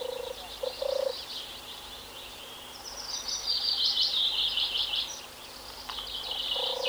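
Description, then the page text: European turtle dove purring: a few low rolling coos at the start and end, under loud high-pitched chattering. "Koerende zomertortel"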